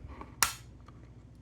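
A plastic panel tab is pressed into its slot on a toy droid body, continuing one tab at a time. After a few faint ticks, a single loud, sharp snap rings out at 0.4 s, followed by soft ticks near 0.8 and 0.9 s. The tab clicks into the slot and is seated.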